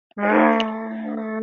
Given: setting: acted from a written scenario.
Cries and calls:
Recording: vocal sound without words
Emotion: anger

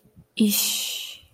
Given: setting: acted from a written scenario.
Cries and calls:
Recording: vocal sound without words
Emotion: contempt

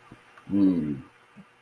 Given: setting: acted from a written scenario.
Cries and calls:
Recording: vocal sound without words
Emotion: neutral

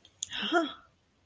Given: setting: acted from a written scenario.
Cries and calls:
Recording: vocal sound without words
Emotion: interest

